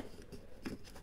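The end of a USB charging cable is handled into the hole in the plastic charging holder bracket of a Parkside PAL 850 A1 LED work light, to be pulled down so it locks into the bracket. Soft handling and rubbing noise is heard, with brief taps at about 0.2 s and 0.7 s. Nothing has seated or clicked yet; the cable is not yet locked home.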